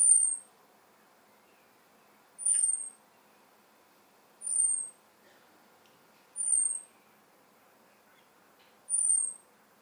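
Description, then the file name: European robin uttering a steady series of five thin, high-pitched descending tseee notes spaced about two seconds apart, with faint low background hum. "Erithacus rubecula"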